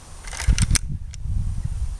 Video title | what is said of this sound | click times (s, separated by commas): SMK BAM DB4 .22 Chinese Air Rifle - Review | until it engages when you hear the click | 0.6 s